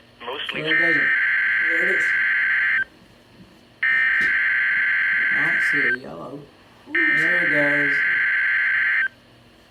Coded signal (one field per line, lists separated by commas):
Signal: Emergency Alert System (SAME) tones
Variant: header bursts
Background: speech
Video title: RWT GRANDPA EDITION (EAS 130-131)